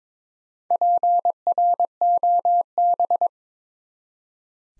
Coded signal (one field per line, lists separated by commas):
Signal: Morse code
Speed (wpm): 23 wpm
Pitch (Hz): 700 Hz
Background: none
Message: PROB